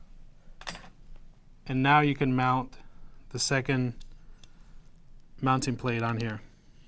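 A quick-release mounting plate is handled at a tripod head, where it slides into the grooves, while someone talks, with a few faint taps and clicks of handling around 0.6 s and 4.4 s. Nothing has seated or clicked into place yet.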